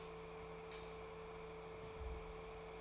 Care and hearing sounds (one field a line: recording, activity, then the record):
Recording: daily activity, microphone in the room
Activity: light off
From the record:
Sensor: 1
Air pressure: 1014.8 hPa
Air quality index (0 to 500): 189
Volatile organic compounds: 20 ppm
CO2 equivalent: 2674 ppm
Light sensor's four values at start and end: 36/97/40/47 and 33/82/35/42